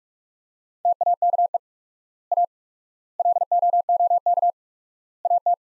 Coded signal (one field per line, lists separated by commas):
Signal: Morse code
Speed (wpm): 46 wpm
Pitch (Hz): 700 Hz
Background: none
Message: TAKE A LOOK AT